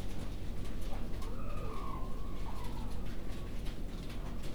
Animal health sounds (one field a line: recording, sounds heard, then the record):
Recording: poultry house recording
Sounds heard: healthy chickens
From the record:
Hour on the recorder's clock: 19